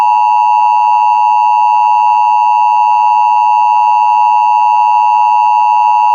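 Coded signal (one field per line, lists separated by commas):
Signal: Emergency Alert System (SAME) tones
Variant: 853 and 960 Hz attention tone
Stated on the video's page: Fictional EAS scenario, low quality.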